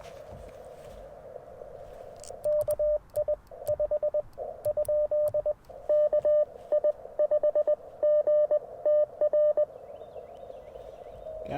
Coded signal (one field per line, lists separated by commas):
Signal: Morse code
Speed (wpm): 20 wpm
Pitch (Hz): 590 Hz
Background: radio noise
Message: KI 5 ? KI5GTR